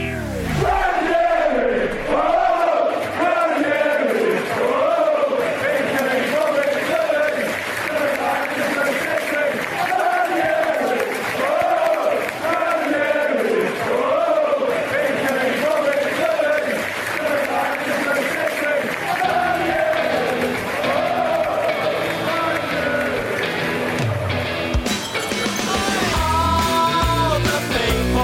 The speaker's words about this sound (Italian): Parole da Leicester, dove ieri sera Leicester deranierizzato è risorto 3-1 contro il Liverpool. I tifosi, l'avete sentito, cantavano tutti per Claudio Ranieri.